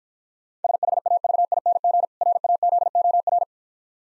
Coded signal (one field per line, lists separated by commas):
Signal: Morse code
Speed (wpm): 49 wpm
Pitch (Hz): 700 Hz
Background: none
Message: SHAVING RAZOR